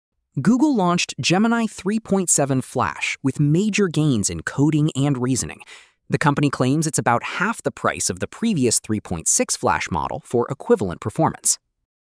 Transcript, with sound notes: Google launched Gemini 3.7 Flash with major gains in coding and reasoning. [thoughtful] The company claims it’s about half the price of the previous 3.6 Flash model for equivalent performance.